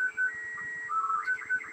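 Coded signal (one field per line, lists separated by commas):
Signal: SSTV (slow-scan television)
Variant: Robot 12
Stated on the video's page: SSTV received on the 20 m band at 14.230 MHz in Nice, France.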